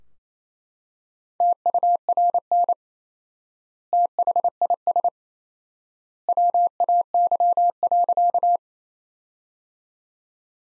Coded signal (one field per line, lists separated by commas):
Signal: Morse code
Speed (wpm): 27 wpm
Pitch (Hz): 700 Hz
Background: none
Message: TURN THIS WAY.